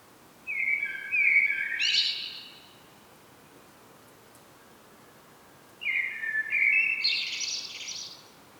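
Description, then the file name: Common blackbird song: two phrases about five seconds apart, each a low fluted whistle running into a higher, scratchy twitter, over quiet background. "Turdus merula"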